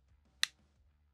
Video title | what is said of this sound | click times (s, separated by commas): Springfield Armory Echelon Overview and Teardown | all right you hear that little click so I push the tab and now I can bring this down with my thumb | 0.4 s